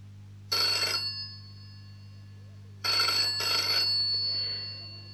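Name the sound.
telephone ringing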